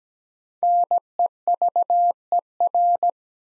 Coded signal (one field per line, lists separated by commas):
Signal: Morse code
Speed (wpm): 17 wpm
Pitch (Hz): 700 Hz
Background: none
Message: NEVER